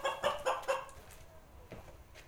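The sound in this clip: Chicken clucks: four short, loud clucks in quick succession, then quieter faint clucks trailing off into near silence.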